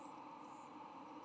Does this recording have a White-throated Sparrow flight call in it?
no